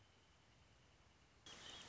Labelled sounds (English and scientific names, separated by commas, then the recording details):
Wrentit (Chamaea fasciata)
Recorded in Sonoma County, California